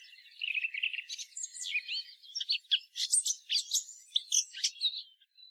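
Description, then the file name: Eurasian blackcap song, a varied warble of chattering notes and short slurred whistles. "Sylvia atricapilla"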